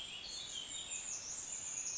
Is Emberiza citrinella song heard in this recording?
no